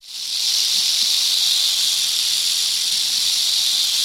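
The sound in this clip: Rattlesnake rattle: a continuous, even, high dry buzz that starts abruptly and holds steady for about four seconds without pause.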